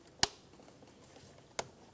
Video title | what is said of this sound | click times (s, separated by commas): How to Replace Mass Air Flow Sensor 2013-2017 Honda Accord | push the connector back on push until you hear a click | 0.2 s